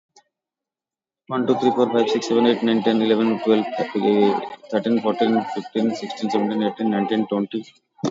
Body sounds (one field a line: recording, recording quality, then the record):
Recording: counting at a fast pace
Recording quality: excellent, no background noise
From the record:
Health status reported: COVID-19 positive, mild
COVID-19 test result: positive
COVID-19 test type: RT-PCR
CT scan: taken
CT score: 16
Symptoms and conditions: cough, cold, fatigue, diabetes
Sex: male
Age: 43 years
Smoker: no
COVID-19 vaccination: both doses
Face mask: not worn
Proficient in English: yes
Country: India